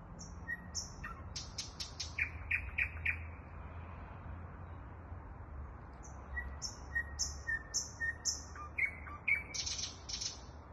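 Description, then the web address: Thrush nightingale song with high whistles, hard clicks and a rattling burst, silence, then a long phrase of alternating high whistles and low piping notes building to a loud ending. Song recorded in Kaluga. "luscinia luscinia canto del ruisenor en kaluga"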